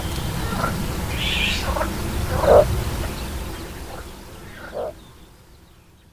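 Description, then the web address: Little bittern giving two short, low, gruff barks a couple of seconds apart over a noisy background. "agykontroll Madardalok Cd 3. Törpegém"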